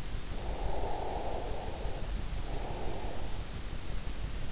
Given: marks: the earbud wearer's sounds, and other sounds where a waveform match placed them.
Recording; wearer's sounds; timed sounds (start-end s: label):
sounds in sleep by an in-ear microphone; breath
0.13-3.85 s: breath